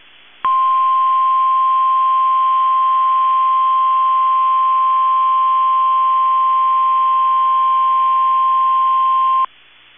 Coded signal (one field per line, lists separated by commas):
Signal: Emergency Alert System (SAME) tones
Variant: 1050 Hz attention tone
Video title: SECOND TIMES A CHARM Required Weekly Test On KEC65 7/15/21 (EAS #761-762)